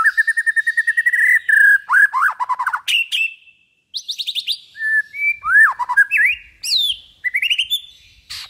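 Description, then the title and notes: White-rumped shama song opening with an even rapid trill, then scratchy mixed notes, brief pause, and varied rising and falling whistles. Used as a lure for trapping. "Pikat Murai Batu. Burung Murai Batu"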